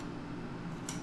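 A quick-connect nozzle is released from the coupler of a Simpson MS60921 pressure washer wand as the brass ring is pulled back. A short, bright click at 0.9 s stands out over a steady low hum, and the nozzle comes free.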